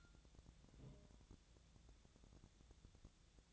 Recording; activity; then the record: daily activity, microphone in the room; take from stove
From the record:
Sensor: 3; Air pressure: 999.9 hPa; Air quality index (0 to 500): 126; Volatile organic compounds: 2 ppm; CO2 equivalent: 1126 ppm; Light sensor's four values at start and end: 44/112/48/53 and 45/112/48/53